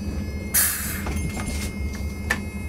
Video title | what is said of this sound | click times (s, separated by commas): Did I Get The Tipper Out? | Feel it in like that and it locks in place so it can actually just go down automatically. | 2.3 s